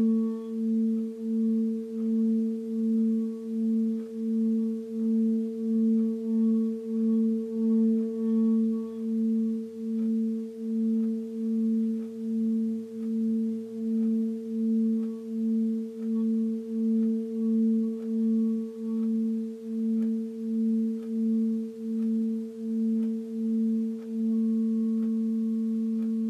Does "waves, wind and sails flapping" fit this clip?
no